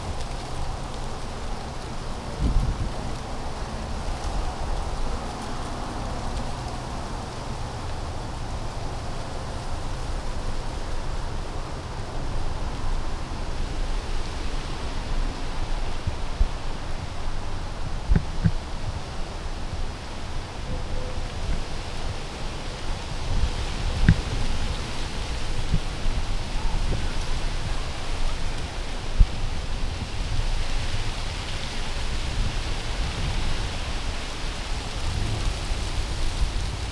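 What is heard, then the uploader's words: Gentle wind moves through trees in a steady, dense rush that holds level for the whole stretch, with a low rumble underneath. The airy hiss brightens and swells slightly after the midpoint, and faint soft thumps and rustles come now and then. Gentle Wind Through the Trees.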